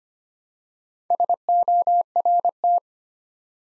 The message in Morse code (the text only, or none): SORT